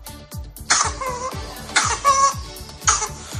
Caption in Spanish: El síntoma principal de esta enfermedad, la tos, se identifica más fácilmente en bebés, y es que es una tos muy reconocible que pone al bebé rojo y hace un sonido que recuerda al de un gallo.